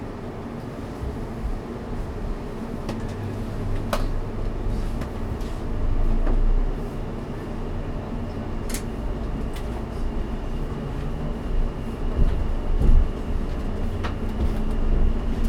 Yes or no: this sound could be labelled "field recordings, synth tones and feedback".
no